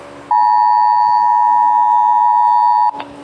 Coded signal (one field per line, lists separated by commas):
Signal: Emergency Alert System (SAME) tones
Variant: 853 and 960 Hz attention tone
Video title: eas alarm cuaderno 5